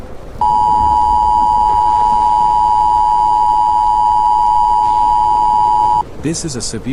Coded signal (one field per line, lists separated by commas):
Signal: Emergency Alert System (SAME) tones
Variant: 853 and 960 Hz attention tone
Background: speech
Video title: EAS Scenario #9 - Return of the Bubonic Plague